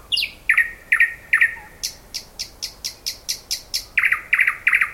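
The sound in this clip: Thrush nightingale singing loud harsh chock notes, then a steady run of dry knocking clicks, ending with grating doubled notes.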